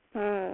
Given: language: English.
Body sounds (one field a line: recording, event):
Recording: throat vibration sensor signal played as sound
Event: speech